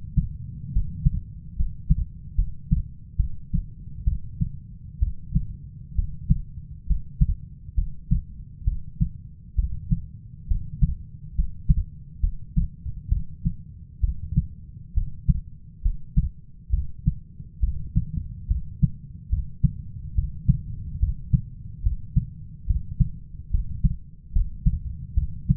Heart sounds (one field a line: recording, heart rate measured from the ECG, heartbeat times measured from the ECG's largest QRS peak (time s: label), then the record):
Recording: heart sounds by stethoscope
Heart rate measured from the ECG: 69 bpm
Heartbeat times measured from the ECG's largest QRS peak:
0.72 s: heartbeat
1.56 s: heartbeat
2.35 s: heartbeat
3.16 s: heartbeat
4.04 s: heartbeat
4.99 s: heartbeat
5.95 s: heartbeat
6.86 s: heartbeat
7.75 s: heartbeat
8.64 s: heartbeat
9.55 s: heartbeat
10.47 s: heartbeat
11.35 s: heartbeat
12.20 s: heartbeat
13.09 s: heartbeat
14.00 s: heartbeat
14.94 s: heartbeat
15.82 s: heartbeat
16.70 s: heartbeat
17.60 s: heartbeat
18.47 s: heartbeat
19.29 s: heartbeat
20.14 s: heartbeat
20.99 s: heartbeat
21.82 s: heartbeat
22.66 s: heartbeat
23.50 s: heartbeat
24.32 s: heartbeat
25.14 s: heartbeat
From the record:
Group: healthy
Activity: rest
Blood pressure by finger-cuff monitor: 139/67 mmHg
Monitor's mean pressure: 88 mmHg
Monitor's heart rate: 68 bpm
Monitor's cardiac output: 6.2 L/min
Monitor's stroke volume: 91 mL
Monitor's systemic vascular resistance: 1050 dyn s/cm5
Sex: female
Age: 37 years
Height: 168 cm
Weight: 70 kg